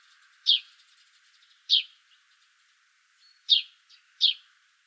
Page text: Volker Arnold - Полевой воробей (Passer montanus)